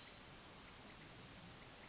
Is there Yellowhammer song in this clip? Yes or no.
no